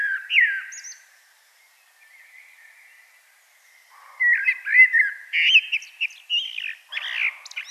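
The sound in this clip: Common blackbird song: a brief fluted phrase, a quiet pause, then louder mellow warbling that breaks into squeaky high twitters near the end.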